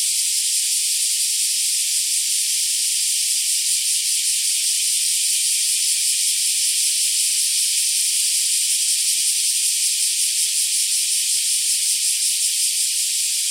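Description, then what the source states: Black cicadas sustaining a loud, hissing electric-sounding drone, level and continuous from start to finish, with no other animals audible. More than one black cicada calling.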